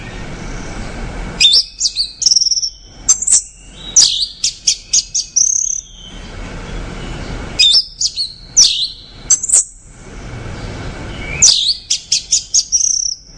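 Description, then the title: Orange-headed thrush song in several spaced bursts of sharp, high chirps and rapid clipped notes, with quiet between bursts. "Anis Merah"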